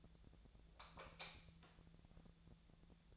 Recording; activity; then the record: daily activity, microphone in the room; light off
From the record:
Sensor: 3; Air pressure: 1000.0 hPa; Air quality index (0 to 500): 125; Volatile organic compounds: 2 ppm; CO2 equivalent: 1122 ppm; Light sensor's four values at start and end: 40/104/44/48 and 37/95/40/44